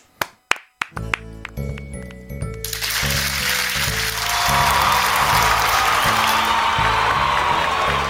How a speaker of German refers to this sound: Ja, aber der ist nicht für mich. Das ist der Applaus für die Sendung.